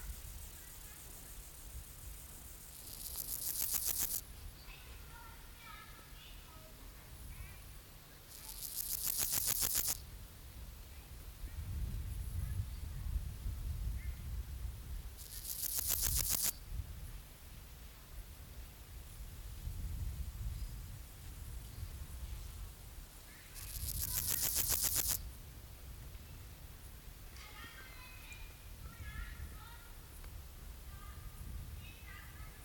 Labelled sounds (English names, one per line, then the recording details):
Meadow Grasshopper stridulation
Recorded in the wild
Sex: male
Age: imago
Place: Treuchtlingen, Heumöderntal, Bayern, DE
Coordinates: 48.96, 10.91
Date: 1993-09-21 15:51
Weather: 22,8°C, sonnig
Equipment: Marantz CP 430, Sennheiser MKH 416 T, Kopie Uher Variocord 263
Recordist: Tembrock, Günter
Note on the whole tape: Mehrere Strophen (bei Beschattung langsamer werdend)